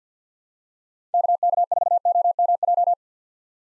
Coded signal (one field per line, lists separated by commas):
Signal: Morse code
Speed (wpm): 50 wpm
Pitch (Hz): 700 Hz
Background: none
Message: KK4OMJ